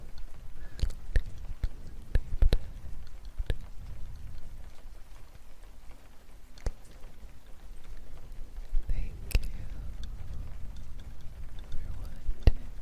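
Soft, steady rain hiss fills the background while sharp taps land irregularly, clustered in the first few seconds and then more sparse around six, nine and twelve seconds. Low, breathy rumbles and faint murmured words drift underneath.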